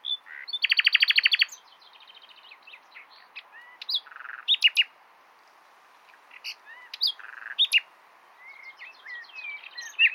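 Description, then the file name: Common nightingale song opening with a loud rattling trill, followed by scattered sharp notes, buzzy phrases and soft whistles with pauses. "Luscinia megarhynchos"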